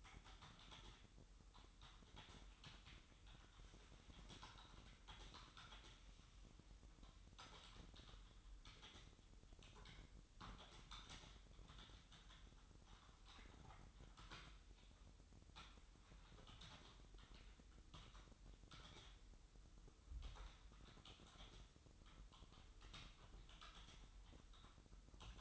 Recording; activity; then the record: daily activity, microphone in the room; typing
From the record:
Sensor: 3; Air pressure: 988.8 hPa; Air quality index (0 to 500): 205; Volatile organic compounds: 442 ppm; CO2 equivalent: 4738 ppm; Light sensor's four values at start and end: 25/81/33/30 and 25/81/33/30